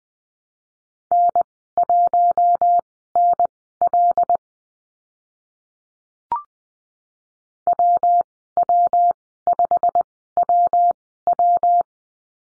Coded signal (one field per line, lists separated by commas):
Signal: Morse code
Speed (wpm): 20 wpm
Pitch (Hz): 700 Hz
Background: none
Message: N1NL WW5WW